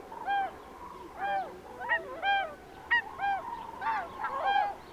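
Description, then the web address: Bewick's swan calling with clear, ringing honks, rich in overtones, repeated throughout. "chant xeno-canto cygne de bewick"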